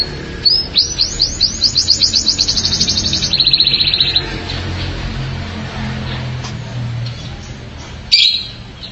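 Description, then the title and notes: Canary song: a fast trill of repeated upswept notes for about three seconds, then a lower rolling trill, followed by quiet background hum. "BM Suara Kenari. BM Suara Burung Kenari"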